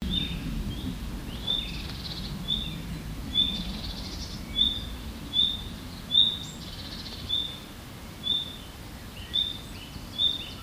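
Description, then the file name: Common nightingale calling with a brief high whistle repeated roughly every second, about ten notes, over a low rumbling background. "Luscinia megarhynchos"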